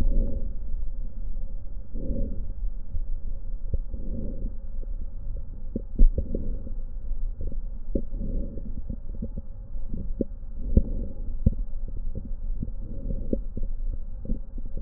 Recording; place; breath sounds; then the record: lung sounds by stethoscope; right posterior lower chest; normal breath sounds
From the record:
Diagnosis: none (healthy); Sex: female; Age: 66 years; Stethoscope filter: diaphragm mode, 100 to 500 Hz